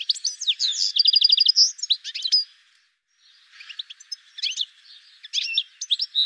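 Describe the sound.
Bird twittering: quick high chirps, then a fast even trill of repeated notes, more scattered chirps, a brief pause near three seconds, then renewed chirping.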